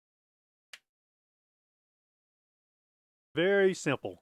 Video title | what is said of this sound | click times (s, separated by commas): Zeiss Ikon Ikonta C 520/2: Simple and Outstanding - Camera Talk | locks into place with the lens extended. | 0.7 s